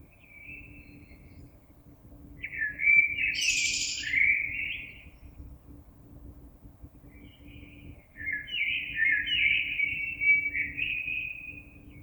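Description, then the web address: Common blackbird song: a few fluty warbling phrases separated by pauses, one broken by a harsh, high squeaky burst. Recorded on 26 April 2022. "oiseaux Merle 2022 04 26"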